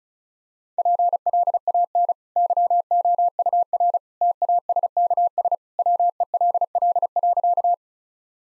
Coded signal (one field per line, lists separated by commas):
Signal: Morse code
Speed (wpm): 34 wpm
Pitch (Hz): 700 Hz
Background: none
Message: PLAN YOUR TASKS WELL.